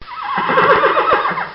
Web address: Bobby Cole Horse-Whinny